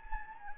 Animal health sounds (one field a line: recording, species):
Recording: mosquito wingbeat signal from an infrared sensor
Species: Anopheles gambiae